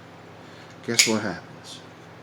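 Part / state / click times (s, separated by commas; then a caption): lid onto camping cook pot / not seated / none. A lid is handled over a small camping cook pot holding a nested kit while someone talks. Brief handling knocks sound around 0.9 to 1.3 seconds, then it goes quiet. Nothing has seated or clicked yet.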